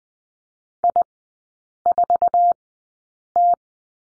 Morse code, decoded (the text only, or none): I4T